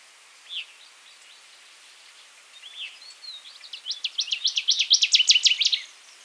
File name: Northern Waterthrush - Parkesia noveboracensis